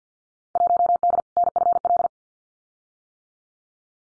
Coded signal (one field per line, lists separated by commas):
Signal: Morse code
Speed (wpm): 50 wpm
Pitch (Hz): 700 Hz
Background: none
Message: 1D NFL